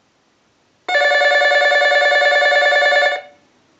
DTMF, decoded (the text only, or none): none